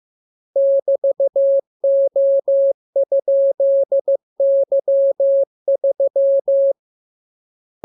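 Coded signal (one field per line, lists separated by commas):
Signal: Morse code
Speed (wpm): 15 wpm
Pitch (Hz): 550 Hz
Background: none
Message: <BT>O?Y3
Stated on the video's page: Morse receiving lesson 32; radiogram opens with VVV and section sign, ends with AR.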